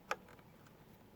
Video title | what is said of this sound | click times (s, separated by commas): How to clean an EGR Valve ( Opel Astra H ) | just don't forget to plug your wiring harness back in until it makes a click | 0.1 s